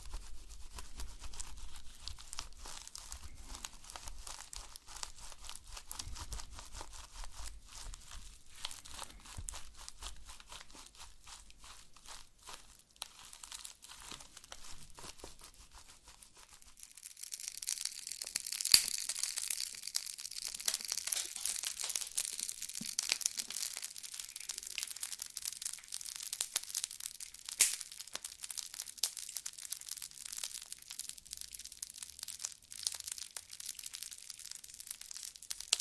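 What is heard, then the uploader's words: Slime is squished and worked, making a dense stream of tiny crackles and wet pops with a soft low thump underneath. Around seventeen seconds the sound turns brighter and louder, a thick, hissing crinkle that continues steadily to the end. ASMR SLIME No Talking Satisfying slime Sounds.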